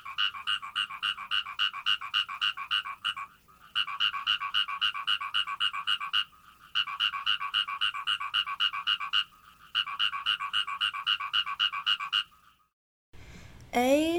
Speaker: 那我们接下来就来听听看泽蛙的叫声吧。